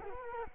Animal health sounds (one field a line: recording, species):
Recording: mosquito wingbeat signal from an infrared sensor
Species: Culex quinquefasciatus